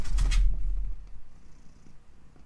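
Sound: cat purring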